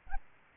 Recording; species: mosquito wingbeat signal from an infrared sensor; Aedes albopictus